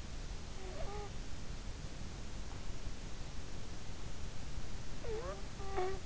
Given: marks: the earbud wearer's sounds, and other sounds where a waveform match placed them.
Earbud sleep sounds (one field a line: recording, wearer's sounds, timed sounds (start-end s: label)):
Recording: sounds in sleep by an in-ear microphone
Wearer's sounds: snoring breath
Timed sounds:
0.72-1.32 s: snoring breath
5.09-6.06 s: snoring breath